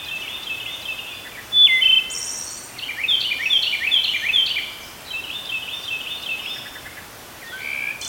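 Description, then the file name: Wood thrush song: several fluty phrases with quick, tinkling trilled notes, given in bursts separated by short pauses. "Wood Thrush - Hylocichla mustelina"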